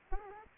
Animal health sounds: mosquito wingbeat signal from an infrared sensor; Aedes aegypti

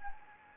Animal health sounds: mosquito wingbeat signal from an infrared sensor; Anopheles gambiae

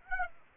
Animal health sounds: mosquito wingbeat signal from an infrared sensor; Aedes aegypti

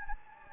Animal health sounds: mosquito wingbeat signal from an infrared sensor; Anopheles gambiae

